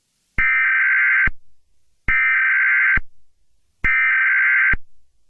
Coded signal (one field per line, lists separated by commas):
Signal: Emergency Alert System (SAME) tones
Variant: header bursts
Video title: (PRETTY BAD) EAS scenario #001 (Pt.1) Halloween is the worst day ever